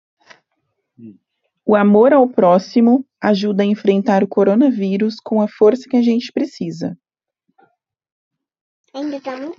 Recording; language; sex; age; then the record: spoken sentence; Brazilian Portuguese; female; 30 to 39 years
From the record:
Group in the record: control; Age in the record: 35 years